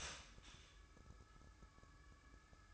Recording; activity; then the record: daily activity, microphone in the room; start toaster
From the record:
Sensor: 2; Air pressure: 1007.0 hPa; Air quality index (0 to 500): 38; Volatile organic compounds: 1 ppm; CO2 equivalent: 537 ppm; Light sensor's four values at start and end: 6/13/5/5 and 6/13/5/5